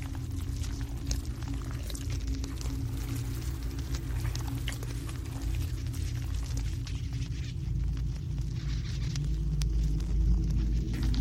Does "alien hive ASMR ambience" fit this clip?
yes